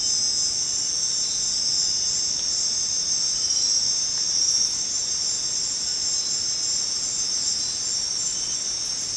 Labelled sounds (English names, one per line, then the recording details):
none
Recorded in secondary vegetation near Puerto Asís, Putumayo, Colombia, on 19 March 2025 at 21:30
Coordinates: 0.484, -76.319
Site G010